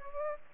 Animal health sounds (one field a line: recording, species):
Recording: mosquito wingbeat signal from an infrared sensor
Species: Aedes aegypti